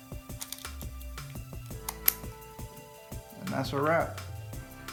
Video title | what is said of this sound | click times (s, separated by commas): Rotating Cylinder on Kwikset Locks | Once you've got the cylinder the way that you need it, it's just a matter of reinserting the spindle until it locks into place. | 2.1 s